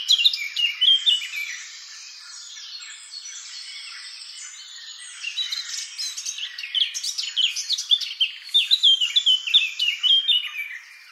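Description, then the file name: Eurasian blackcap singing: a short loud fluty phrase, a quieter muted stretch, then a long lively warble of quick, clear whistled notes. "Sylvia atricapilla"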